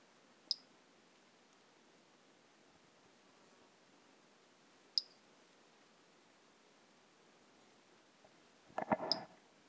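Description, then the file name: Three-toed pumpkin toadlet giving thin, very high single pips about every four and a half seconds, with a brief rustle near the end over soft hiss. Individual 13, not collected, recorded by LF Ribeiro on 10 March 2016. "Brachycephalus tridactylus individual 13 not collected by LF Ribeiro 10 III 16"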